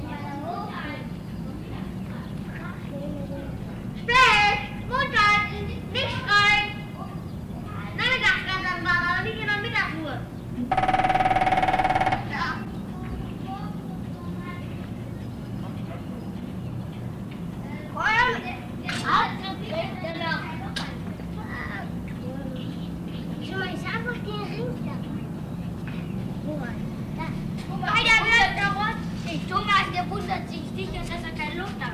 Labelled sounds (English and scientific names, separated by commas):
Grey-headed Woodpecker (Picus canus)